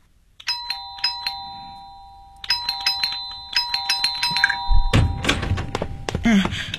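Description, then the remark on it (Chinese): A doorbell at the door of a family home is pressed over and over, its steady electronic buzz-tone sounding in repeated bursts with short pauses, followed by knocking thumps and a brief voice toward the end. “你不要老是摁门铃，好吧？”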